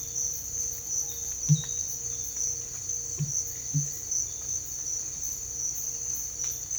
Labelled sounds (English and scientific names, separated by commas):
none